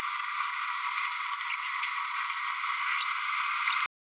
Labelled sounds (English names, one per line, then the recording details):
Green-rumped Parrotlet babbling
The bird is a female
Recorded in a nest box in Venezuela
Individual 17B102A5